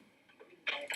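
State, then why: Released. A used disposable plastic probe cover is ejected from an electronic thermometer probe by pressing its eject button after an oral temperature reading. After a quiet stretch, two short sharp ticks sound at 0.7 s and 0.9 s as the cover pops off and is released.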